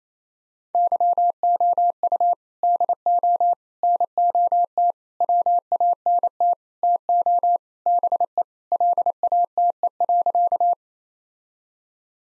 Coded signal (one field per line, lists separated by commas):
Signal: Morse code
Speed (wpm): 28 wpm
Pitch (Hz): 700 Hz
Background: none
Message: YOU DO NOT WANT TO BE LATE.